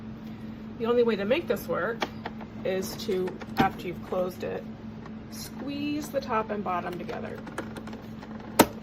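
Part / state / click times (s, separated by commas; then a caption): coffee pod in the lid and needle of a single-serve brewer / seated / 8.6 s. Someone talks while the closed lid of a black Keurig K-Slim single-serve K-Cup pod coffee maker with Multistream Technology is squeezed top and bottom together, pressing the plastic K-Cup pod onto the brewer's needle. A sharp pop at 8.6 s marks the needle finally puncturing the pod, which is then seated.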